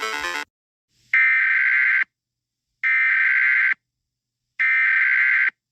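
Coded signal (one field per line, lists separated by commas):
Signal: Emergency Alert System (SAME) tones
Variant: header bursts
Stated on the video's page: Fictional EAS scenario, not a real alert.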